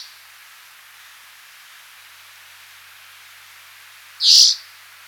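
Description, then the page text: Spotted forktail call: one short, high, sharp note near the end after a long quiet stretch of soft hiss. "Spotted Forktail Call Sound Effect. Quick Sounds"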